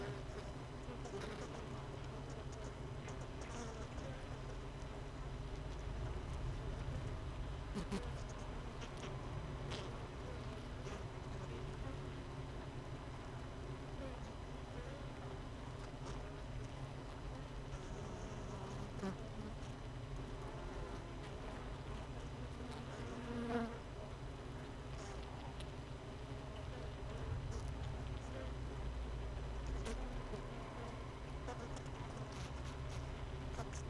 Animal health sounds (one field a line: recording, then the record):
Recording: honeybee colony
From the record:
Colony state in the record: missing queen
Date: 31 May 2018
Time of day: 16:40